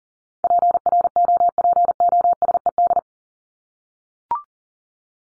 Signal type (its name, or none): Morse code